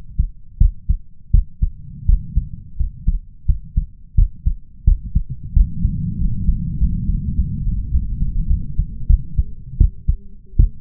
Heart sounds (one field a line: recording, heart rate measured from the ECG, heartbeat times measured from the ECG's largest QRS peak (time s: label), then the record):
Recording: heart sounds by stethoscope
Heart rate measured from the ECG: 90 bpm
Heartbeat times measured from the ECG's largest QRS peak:
0.57 s: heartbeat
1.30 s: heartbeat
2.05 s: heartbeat
2.76 s: heartbeat
3.45 s: heartbeat
4.14 s: heartbeat
4.84 s: heartbeat
5.53 s: heartbeat
6.17 s: heartbeat
6.77 s: heartbeat
7.35 s: heartbeat
7.90 s: heartbeat
8.47 s: heartbeat
9.07 s: heartbeat
9.77 s: heartbeat
10.56 s: heartbeat
From the record:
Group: healthy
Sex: male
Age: 21 years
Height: 180 cm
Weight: 67.5 kg